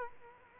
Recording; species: mosquito wingbeat signal from an infrared sensor; Culex quinquefasciatus